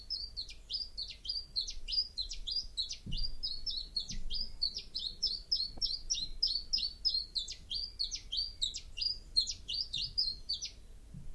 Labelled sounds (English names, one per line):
Common Chiffchaff